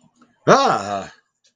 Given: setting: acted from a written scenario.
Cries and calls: vocal sound without words; fear

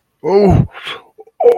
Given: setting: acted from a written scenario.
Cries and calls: vocal sound without words; ecstasy

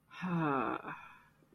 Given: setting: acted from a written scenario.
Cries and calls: vocal sound without words; serenity

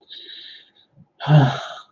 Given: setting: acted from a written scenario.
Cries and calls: vocal sound without words; shame

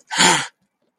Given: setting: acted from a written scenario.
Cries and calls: vocal sound without words; negative surprise

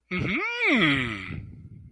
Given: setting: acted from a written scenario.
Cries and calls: vocal sound without words; interest

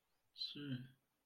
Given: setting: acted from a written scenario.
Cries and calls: vocal sound without words; pride

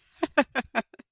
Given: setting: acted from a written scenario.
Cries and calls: vocal sound without words; realization

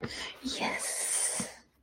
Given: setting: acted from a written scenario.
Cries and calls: vocal sound without words; ecstasy

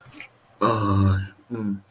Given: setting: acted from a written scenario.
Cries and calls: vocal sound without words; guilt

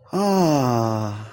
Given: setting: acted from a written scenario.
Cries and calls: vocal sound without words; adoration

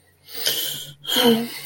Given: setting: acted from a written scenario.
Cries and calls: vocal sound without words; sympathy

